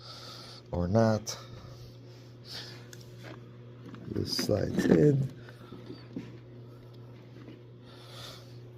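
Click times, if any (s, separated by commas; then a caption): none. On a 2022+ G70, a plastic console button piece is slid into place in the shifter console and lined up, but it has not been pushed home and has not clicked yet. Someone talks at about 1 s and again from about 4 to 5.3 s. Faint, brief plastic ticks and scrapes occur between about 2.9 and 6.2 s over a low, steady hum.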